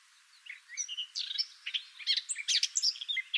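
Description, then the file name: Eurasian blackcap singing a hurried, varied warble of sharp chips and short whistles against a light background hiss. "Sylvia atricapilla"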